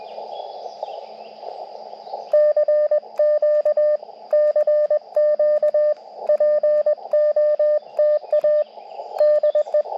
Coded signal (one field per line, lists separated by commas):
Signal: Morse code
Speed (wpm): 21 wpm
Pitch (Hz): 600 Hz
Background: radio noise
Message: CQ CQ POTA DE